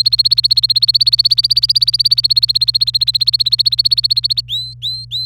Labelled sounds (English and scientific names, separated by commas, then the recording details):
Domestic Canary (Serinus canaria) song
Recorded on 26 April 2018 at 06:45
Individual llb3